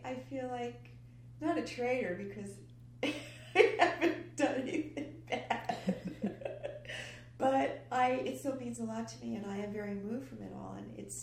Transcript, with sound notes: I feel like, not a traitor because I haven’t done anything bad [laughs] but it still means a lot to me. I am very moved by it all and